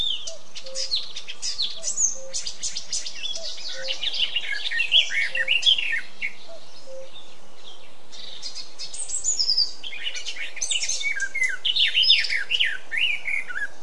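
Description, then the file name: Eurasian blackcap singing a fast, varied warble of high chattering notes in two bursts, with soft, low, spaced piping notes beneath. "Sylvia atricapilla"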